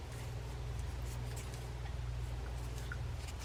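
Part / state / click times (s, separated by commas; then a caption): reel side cover onto reel body / not seated / none. The side cover of a Roddy 8250 classic spin fishing reel is slid onto the reel body as the two halves of its plastic/metal case are brought together by hand. A steady low hum runs under faint scratchy handling and light taps. Nothing has snapped or seated yet.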